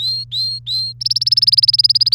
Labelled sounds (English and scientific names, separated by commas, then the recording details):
Domestic Canary (Serinus canaria) song
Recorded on 1 May 2018 at 08:00
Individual llb3